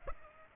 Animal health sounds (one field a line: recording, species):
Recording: mosquito wingbeat signal from an infrared sensor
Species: Aedes aegypti